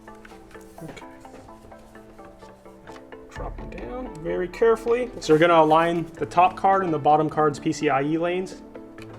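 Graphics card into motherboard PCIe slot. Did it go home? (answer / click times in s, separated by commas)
no / none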